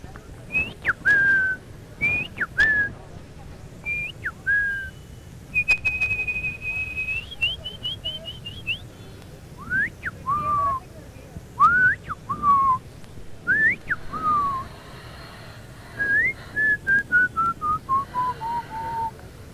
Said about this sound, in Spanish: Perfecto el silbido.